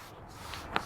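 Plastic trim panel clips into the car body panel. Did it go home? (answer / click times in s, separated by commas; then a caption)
yes / 0.8 s. The remaining plastic trim panel clips are pressed into the car body panel of a 2026 Tesla Model Y Juniper. After low shuffling, there is a faint tap at 0.5 s and a sharp click at 0.8 s. The panel seats cleanly.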